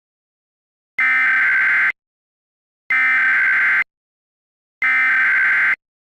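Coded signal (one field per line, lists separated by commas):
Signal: Emergency Alert System (SAME) tones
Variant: header bursts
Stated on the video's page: Fictional EAS scenario, not a real alert.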